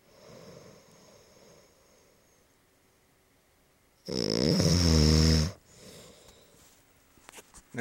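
Quiet breathing in a room gives way to a single loud, low, rattling snore lasting about a second and a half, followed by softer breathing and faint background clicks. It is one clear example of snoring from an adult sleeper, the vibration of relaxed throat tissues during sleep.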